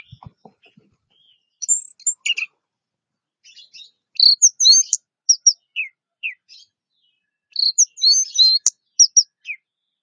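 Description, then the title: Orange-headed thrush singing bursts of high varied chirps and twitters with brief gaps, preceded by a few faint low thumps at the start. "Anis Merah"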